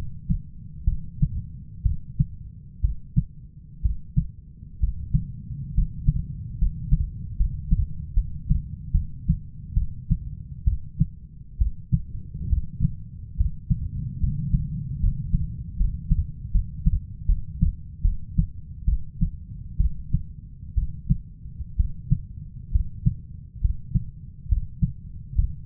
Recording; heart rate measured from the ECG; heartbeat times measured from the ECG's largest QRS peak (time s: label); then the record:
heart sounds by stethoscope; 69 bpm
0.85 s: heartbeat
1.83 s: heartbeat
2.81 s: heartbeat
3.82 s: heartbeat
4.80 s: heartbeat
5.74 s: heartbeat
6.58 s: heartbeat
7.37 s: heartbeat
8.14 s: heartbeat
8.92 s: heartbeat
9.74 s: heartbeat
10.64 s: heartbeat
11.58 s: heartbeat
12.49 s: heartbeat
13.37 s: heartbeat
14.20 s: heartbeat
15.00 s: heartbeat
15.77 s: heartbeat
16.52 s: heartbeat
17.26 s: heartbeat
18.02 s: heartbeat
18.85 s: heartbeat
19.77 s: heartbeat
20.75 s: heartbeat
21.76 s: heartbeat
22.72 s: heartbeat
23.61 s: heartbeat
24.48 s: heartbeat
25.35 s: heartbeat
From the record:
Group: healthy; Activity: rest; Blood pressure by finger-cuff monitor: 134/67 mmHg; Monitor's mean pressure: 86 mmHg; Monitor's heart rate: 67 bpm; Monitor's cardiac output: 6 L/min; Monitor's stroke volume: 90 mL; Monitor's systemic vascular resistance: 1050 dyn s/cm5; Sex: female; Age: 37 years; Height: 168 cm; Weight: 70 kg